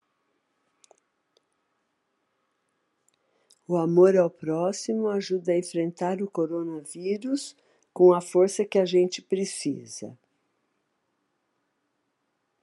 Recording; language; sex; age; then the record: spoken sentence; Brazilian Portuguese; female; 60 to 69 years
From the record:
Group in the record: control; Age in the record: 60 years